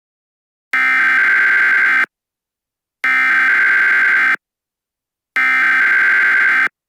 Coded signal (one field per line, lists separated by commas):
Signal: Emergency Alert System (SAME) tones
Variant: header bursts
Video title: Doomsday For Tropico (EAS Scenario) (Pre-Tartarus)